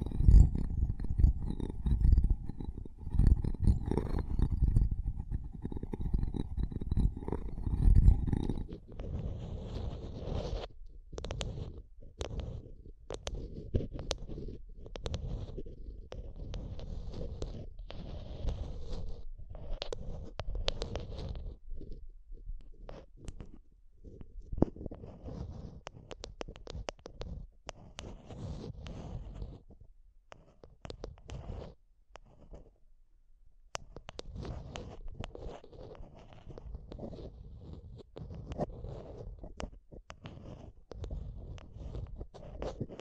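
Mic tapping and scratching, dense and muffled at first with heavy low rumbling through the first eight seconds. After that it breaks into sharper, irregular taps and scrapes with short pauses, a quiet gap near 33 seconds, then continued uneven tapping to the end.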